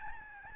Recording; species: mosquito wingbeat signal from an infrared sensor; Aedes albopictus